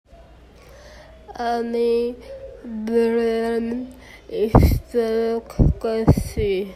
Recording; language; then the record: elicited speech; Bengali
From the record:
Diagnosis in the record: Broca's or global aphasia after a stroke